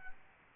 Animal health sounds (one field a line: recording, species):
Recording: mosquito wingbeat signal from an infrared sensor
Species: Aedes albopictus